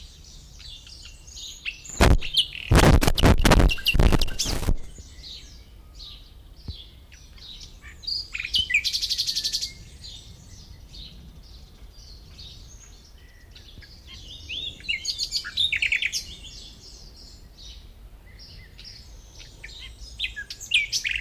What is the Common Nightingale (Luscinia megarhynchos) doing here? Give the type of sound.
song